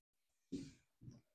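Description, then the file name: Red fox giving two short, hoarse, raspy barks, the second softer, in otherwise quiet surroundings. "Fuchs"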